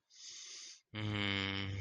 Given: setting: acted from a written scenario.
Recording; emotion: vocal sound without words; serenity